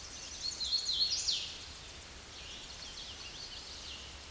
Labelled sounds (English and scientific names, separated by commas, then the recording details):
Hooded Warbler (Setophaga citrina) song
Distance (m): 15 m
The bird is about 10 m above the microphone
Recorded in a Pennsylvania forest on 16 May 2024 at 08:17
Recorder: AudioMoth, point MSD-2181
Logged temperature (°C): 12.8 °C
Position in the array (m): 169 m, 121 m